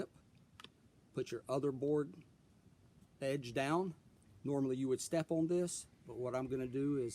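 A composite deck board is being positioned by hand over a universal hidden step clip, with its other edge set down, before being pressed in with force. Someone talks throughout, and two faint, sharp ticks occur around 0.6 s. The board has not snapped in or seated on the clip yet.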